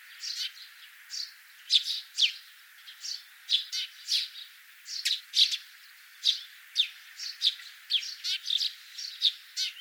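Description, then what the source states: Sparrows chirping in a busy chorus, short bright chirps repeated rapidly and steadily throughout. Several common sparrows.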